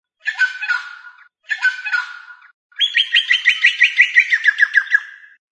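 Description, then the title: Chicken calls: two harsh, drawn-out squawks, then a long run of quick pulsed notes that fall slightly in pitch. "manok ostrali"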